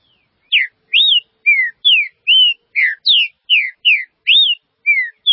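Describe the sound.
Green-winged saltator song: a lively run of about a dozen mellow whistled notes, mostly falling slurs with some arched ones, at a brisk pace.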